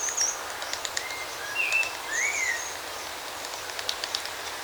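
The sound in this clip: Bird song with clear whistled slurs, some rising then falling, and a few high thin notes, followed by faint chirps against a constant hiss.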